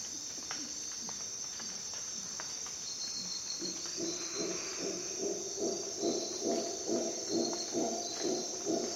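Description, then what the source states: Howler monkey roaring begins midway, a run of regular gruff pulses building steadily, while a shrill insect chorus hums continuously above. Howler monkeys at dawn in jungle in Costa Rica.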